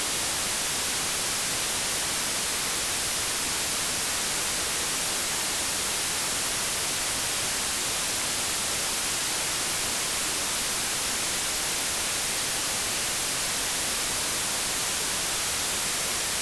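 Steady white noise hisses throughout, brighter and fuller toward the top. A thin, very high tone near 14kHz rides on it twice, for the first second and a half and again from about 9 to 11.5 seconds, making the sound slightly louder while it lasts.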